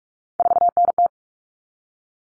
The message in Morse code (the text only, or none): 4NT